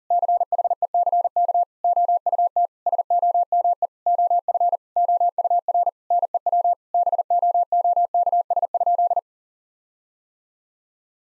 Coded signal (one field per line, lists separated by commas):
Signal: Morse code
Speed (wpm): 40 wpm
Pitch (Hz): 700 Hz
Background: none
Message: CHECK OUT SOME OF OUR NEW BOOKS?